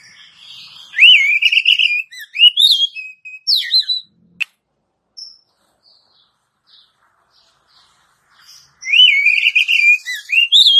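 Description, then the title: Oriental magpie-robin giving rich whistled phrases, a sustained warbling note followed by sharp upslurred whistles, pausing midway before another bright burst. "Kacer"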